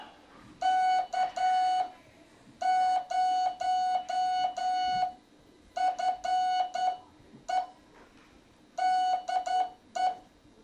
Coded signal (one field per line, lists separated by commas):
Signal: Morse code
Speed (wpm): 10 wpm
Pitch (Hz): 740 Hz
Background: none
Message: K0FE DE